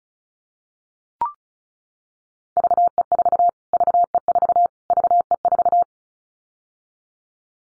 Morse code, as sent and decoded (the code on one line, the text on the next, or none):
...- . ....- / ...- . ....- / ...- . ....-
VE4 VE4 VE4